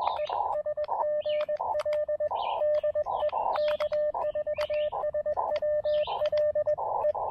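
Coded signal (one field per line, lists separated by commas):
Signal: Morse code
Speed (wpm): 20 wpm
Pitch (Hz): 560 Hz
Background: radio noise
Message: ES GL DE K4SWL E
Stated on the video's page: QRP Morse code during a combined SOTA and POTA summit activation on 17 and 15 meters.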